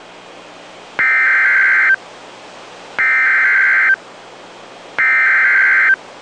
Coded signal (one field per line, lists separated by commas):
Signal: Emergency Alert System (SAME) tones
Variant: header bursts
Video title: Real NOAA Weather Radio EAS Alert #90